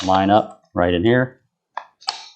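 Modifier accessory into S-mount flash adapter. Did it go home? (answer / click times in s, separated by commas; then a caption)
yes / 1.8 s, 2.1 s. Someone talks as a flash modifier accessory is lined up on a three-prong S-mount (Bowens) flash adapter and given a slight twist. Two sharp clicks are heard at 1.8 s and 2.1 s, and the accessory locks in place.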